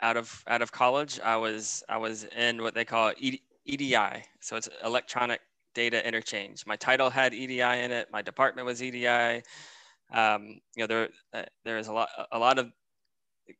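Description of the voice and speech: Adult man speaking with repeated words and phrases, stretched sounds, pauses and fillers such as "um": signs of mild stuttering. He stutters around the acronym EDI, a feared word for him. Acronyms have become words he fears.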